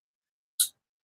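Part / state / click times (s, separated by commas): blade retention lock on swappable-blade knife handle / not seated / none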